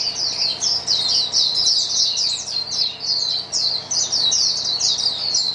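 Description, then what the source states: White-eyes singing in chorus, a dense stream of high, rapid twittering notes that overlap continuously with brief dips in loudness. A chorus of many white-eyes singing together.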